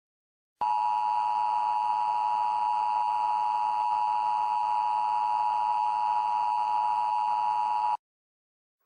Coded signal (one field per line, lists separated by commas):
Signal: Emergency Alert System (SAME) tones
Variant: 853 and 960 Hz attention tone